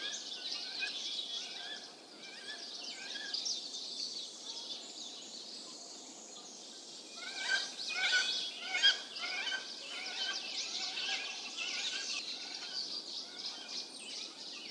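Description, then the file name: Birds calling in a dense chorus, with repeated mid-pitched notes in a steady series over a bright high-pitched wash of chirps, swelling louder around the middle. Birds calling in a mountain forest. "Tieng chim keu trong rung nui"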